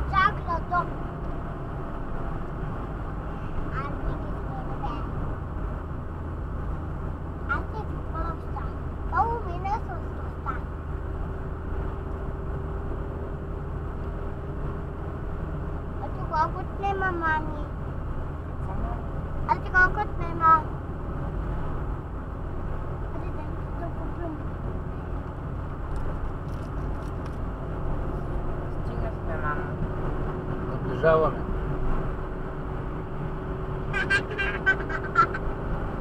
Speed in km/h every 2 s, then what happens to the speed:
68, 66, 62, 61, 59, 59, 61, 61, 63, 62, 65, 65, 66, 67, 70, 72, 73, 74.
0-10 slows to 59. 10-25 steady at about 62. 25-36 speeds up to 74.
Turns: none.